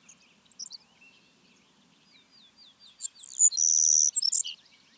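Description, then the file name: Savannah sparrow song: scattered high ticks, then a rapid series of notes and a bright, sustained buzz, ending in a few sharp chips. "Passerculus sandwichensis - Savannah Sparrow"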